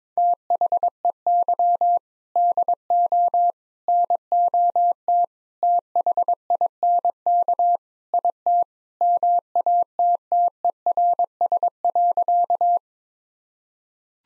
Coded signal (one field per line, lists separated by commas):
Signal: Morse code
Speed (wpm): 22 wpm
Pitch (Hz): 700 Hz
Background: none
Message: THEY DO NOT THINK IT MATTERS.